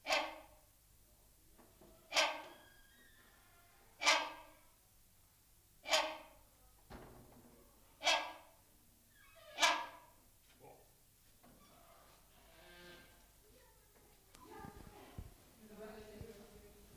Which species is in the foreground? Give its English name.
Rhinoceros Hornbill